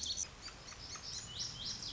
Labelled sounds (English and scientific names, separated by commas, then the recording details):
Lazuli Bunting (Passerina amoena)
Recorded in Sonoma County, California